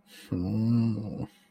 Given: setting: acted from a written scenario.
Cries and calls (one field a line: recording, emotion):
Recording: vocal sound without words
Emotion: embarrassment